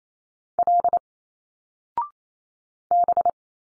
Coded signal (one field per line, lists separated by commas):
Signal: Morse code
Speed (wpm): 27 wpm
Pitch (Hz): 700 Hz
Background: none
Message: L B